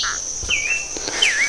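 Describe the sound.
Bird calls: a short lower note followed by two thin whistles that dip in pitch, over a steady high-pitched tone.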